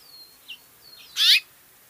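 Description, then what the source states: House finch giving a few faint thin whistles followed by one loud, sharp, clear chirp. The call is a sharp, clear chirp, like that of a young house sparrow.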